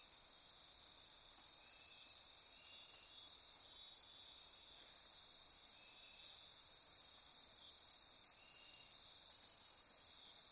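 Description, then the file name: Insect chorus, a continuous high-pitched shimmer of layered trills holding constant throughout, with faint softer buzzes underneath. Insect chorus recorded at midnight near Corcovado. "Wind-is-the-Original-Radio-Fridays 20240628 Andy-Martin Midnight-Insect-Chorus-Near-Corcovado"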